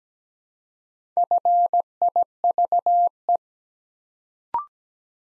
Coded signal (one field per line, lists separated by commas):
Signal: Morse code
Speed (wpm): 17 wpm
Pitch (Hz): 700 Hz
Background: none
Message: FIVE